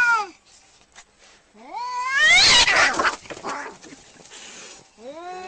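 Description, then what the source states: Domestic cat yowling angrily: rising wails, then a harsh noisy burst, then another climbing yowl at the end. Angry cat.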